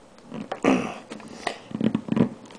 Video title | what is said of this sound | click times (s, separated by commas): Parkzone ME109 power upgrade part 1 | there that one you didn't exactly hear it click | none